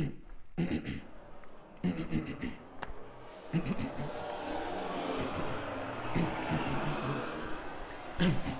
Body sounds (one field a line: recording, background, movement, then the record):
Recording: throat clearing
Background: traffic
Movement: walking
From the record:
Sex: male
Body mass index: 23.7 kg/m2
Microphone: on the chest, facing outward